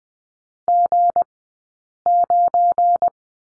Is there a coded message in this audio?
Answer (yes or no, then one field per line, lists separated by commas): yes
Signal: Morse code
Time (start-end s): 0.7-3.1 s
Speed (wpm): 20 wpm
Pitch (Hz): 700 Hz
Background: none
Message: G9